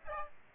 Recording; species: mosquito wingbeat signal from an infrared sensor; Aedes aegypti